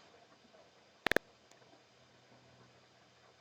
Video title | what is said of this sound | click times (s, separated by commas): DUCATI 748S CLUTCH ISSUE SOLVED | somewhere around you are I've got one click but I wasn't happy so | 1.1 s